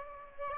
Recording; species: mosquito wingbeat signal from an infrared sensor; Aedes aegypti